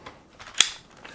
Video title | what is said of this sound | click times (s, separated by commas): Tineco Pure One S11 Cordless SMART TOUGH Stick Vacuum | snaps into place very very reassuring feels like it's in there really nice and snugly | 0.6 s